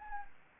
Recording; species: mosquito wingbeat signal from an infrared sensor; Anopheles arabiensis